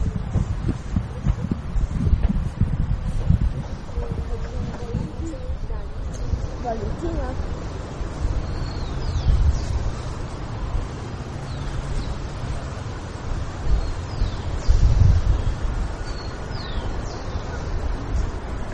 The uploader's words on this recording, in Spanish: Cartografía Sonora - Humedal Santa Maria del Lago. ¿Sabe cómo suena este emblemático cuerpo de agua ubicado en el Noroccidente de Bogotá? Cartografía Sonora del Humedal Santa Maria del Lago.